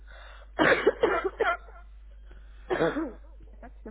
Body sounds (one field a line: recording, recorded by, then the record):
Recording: voluntary cough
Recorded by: telephone call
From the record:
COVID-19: negative